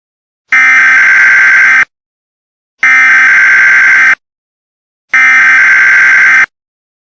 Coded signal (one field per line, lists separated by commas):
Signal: Emergency Alert System (SAME) tones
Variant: header bursts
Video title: Louisiana Catastrophe: An EAS Scenario